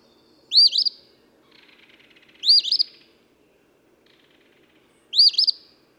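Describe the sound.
Eastern phoebe song, burry two-note phrases repeated roughly every two to three seconds, with a faint buzzy trill between them.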